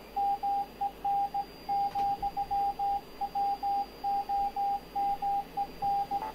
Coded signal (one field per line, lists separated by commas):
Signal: Morse code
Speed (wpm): 16 wpm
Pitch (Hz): 800 Hz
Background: radio noise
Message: MEN, WOMEN